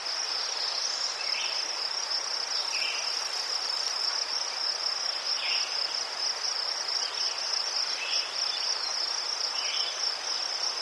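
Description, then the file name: Crickets give a steady high trill throughout, with several short bird calls and a soft hiss. Crickets in a forest, with birds and a river in the distance. "les sverchki ptici i shum reki vdaleke"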